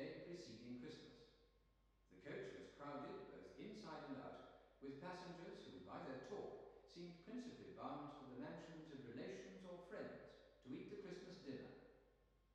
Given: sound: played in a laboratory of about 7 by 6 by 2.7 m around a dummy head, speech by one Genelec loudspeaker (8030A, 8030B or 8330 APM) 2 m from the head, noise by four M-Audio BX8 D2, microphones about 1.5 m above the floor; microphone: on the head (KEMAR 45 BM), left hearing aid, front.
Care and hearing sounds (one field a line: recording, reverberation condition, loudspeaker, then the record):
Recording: male speech in English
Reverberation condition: high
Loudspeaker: 150 degrees to the right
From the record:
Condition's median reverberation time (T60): about 1300 ms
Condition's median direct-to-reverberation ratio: about -4.0 dB